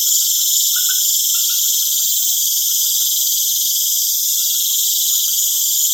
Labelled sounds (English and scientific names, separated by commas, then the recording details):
none
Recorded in pastures near Puerto Asís, Putumayo, Colombia, on 25 June 2025 at 19:00
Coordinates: 0.502, -76.324
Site G010